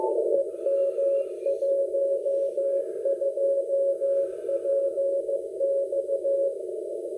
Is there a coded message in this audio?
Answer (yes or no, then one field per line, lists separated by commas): yes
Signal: Morse code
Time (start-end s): 0.3-6.5 s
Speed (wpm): 14 wpm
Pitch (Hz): 560 Hz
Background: none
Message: EM12PX